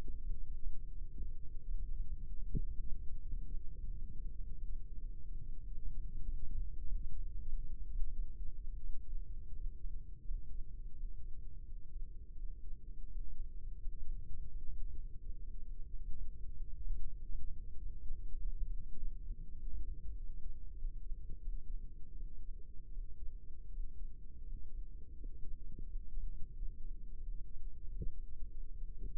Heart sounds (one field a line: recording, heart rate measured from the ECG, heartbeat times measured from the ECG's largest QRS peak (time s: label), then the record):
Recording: heart sounds by microphone in the right ear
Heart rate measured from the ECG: 89 bpm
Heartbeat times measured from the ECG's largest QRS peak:
0.19 s: heartbeat
0.91 s: heartbeat
1.64 s: heartbeat
2.32 s: heartbeat
3.01 s: heartbeat
3.70 s: heartbeat
4.36 s: heartbeat
5.00 s: heartbeat
5.63 s: heartbeat
6.25 s: heartbeat
6.84 s: heartbeat
7.46 s: heartbeat
8.10 s: heartbeat
8.79 s: heartbeat
9.52 s: heartbeat
10.23 s: heartbeat
10.92 s: heartbeat
11.64 s: heartbeat
12.35 s: heartbeat
13.08 s: heartbeat
13.78 s: heartbeat
14.48 s: heartbeat
15.17 s: heartbeat
15.85 s: heartbeat
16.50 s: heartbeat
17.13 s: heartbeat
17.76 s: heartbeat
18.38 s: heartbeat
18.96 s: heartbeat
19.55 s: heartbeat
20.15 s: heartbeat
20.76 s: heartbeat
21.39 s: heartbeat
22.13 s: heartbeat
22.90 s: heartbeat
23.69 s: heartbeat
24.42 s: heartbeat
25.15 s: heartbeat
25.85 s: heartbeat
26.54 s: heartbeat
27.19 s: heartbeat
27.85 s: heartbeat
28.49 s: heartbeat
29.10 s: heartbeat
From the record:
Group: healthy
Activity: cold pressor test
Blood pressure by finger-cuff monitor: 116/75 mmHg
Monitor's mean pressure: 89 mmHg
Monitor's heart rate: 87 bpm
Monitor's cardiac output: 6.2 L/min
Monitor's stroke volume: 72 mL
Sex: male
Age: 22 years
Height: 181 cm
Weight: 60 kg